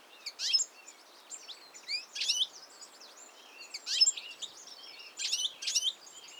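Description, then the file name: European goldfinch calling in quick liquid twitters and rasping bursts, in irregular clusters, light background noise underneath. "Carduelis carduelis"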